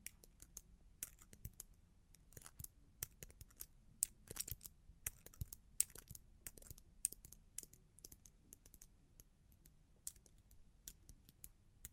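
Long claws tap and scratch in quick, irregular clicks, sharp and bright, with some bursts bunched together and others spaced apart. The taps come several times a second across all twelve seconds, over a soft low rumble that stays steady underneath.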